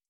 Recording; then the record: hydrophone in a shrimp aquaculture tank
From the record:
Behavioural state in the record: starved